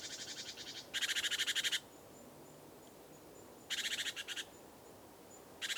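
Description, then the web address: Great tit rattling calls: pulsed churrs separated by short gaps, over a steady background hiss. "SETE Parus major"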